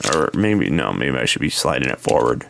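Someone talks while handling the plastic fusion cannon accessory of a Takara Tomy Transformers MP-36 Masterpiece Megatron action figure, about to slide it forward into its mount on the figure. The cannon has not seated or clicked into place yet.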